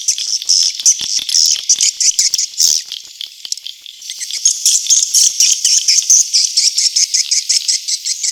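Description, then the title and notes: Swiftlet twittering: dense, high chirps and buzzy trills run continuously, with brief rapid pulsed bursts between louder phrases. Asia; swiftlet sound used in swiftlet farming to attract birds. "Swiflet Bird Sound. Farming Swiflet Bird asia sound"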